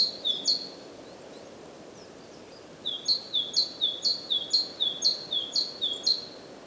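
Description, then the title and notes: Great tit giving its repeated two-note song, a brief snatch at first, then a steady run of several ringing phrases after a pause. Recorded at Głodówka, Žilina Region, Slovakia, with a Zoom F3 recorder and Usi Pro microphones. "Głodówka, Kraj żyliński, Słowacja - Great voice of a great tit. Recordist: Maciej Wirmański"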